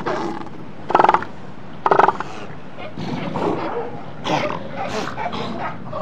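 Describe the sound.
Seal or sea lion calls: two loud, braying harmonic barks about a second apart, followed by quieter grunts and moans against steady background noise.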